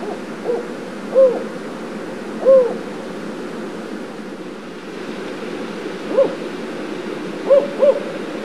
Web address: Songs of Birds of North America Stokes. Spotted Owl